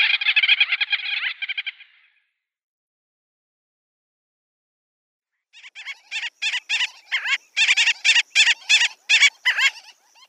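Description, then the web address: Gull-billed tern calls: a dense burst of chattering notes, a silent pause, then a rapid series of sharp nasal calls growing louder. "Schulze Peter Gull-billed Tern"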